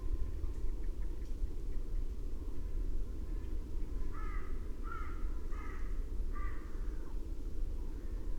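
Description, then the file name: Carrion crow uttering four hoarse caws spaced under a second apart, with faint earlier calls and a continuous low rumbling background. "Corvus corone"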